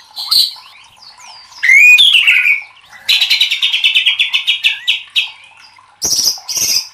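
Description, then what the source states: White-rumped shama song: a bright slurred whistle, then a rapid buzzy series of notes, followed by harsh high bursts after a pause. Masteran (training recording for cage birds) of murai batu 'Labaik'.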